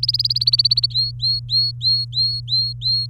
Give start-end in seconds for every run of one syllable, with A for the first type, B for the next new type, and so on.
0.00-0.87 A, 0.91-3.07 B